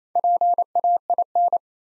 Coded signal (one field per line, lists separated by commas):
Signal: Morse code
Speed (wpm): 27 wpm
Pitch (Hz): 700 Hz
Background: none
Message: PAIN